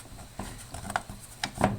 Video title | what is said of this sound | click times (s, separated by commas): Craftsman tranny repair 2 | we go I've got it locked into place all these others are locked into place as well so | 1.0 s, 1.4 s